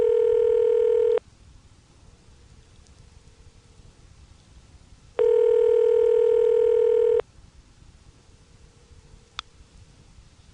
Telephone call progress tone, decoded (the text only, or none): ringback tone